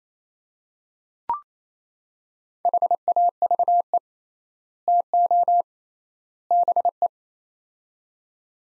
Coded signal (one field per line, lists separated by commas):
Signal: Morse code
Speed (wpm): 28 wpm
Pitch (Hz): 700 Hz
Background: none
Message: HAVE TO BE